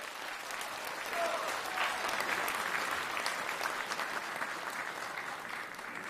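An audience claps steadily for about six seconds to welcome crosstalk performer Liu Junjie onto the stage at a Beijing event marking Gao Yingpei's 90th birthday, a dense, even patter of many hands at a fairly constant loudness with no one speaking over it.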